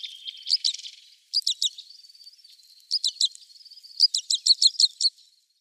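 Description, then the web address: Common crossbill calls: sharp, metallic 'kip' notes in quick clusters, with softer twittering between bursts. "Schulze Peter Common Crossbill calls"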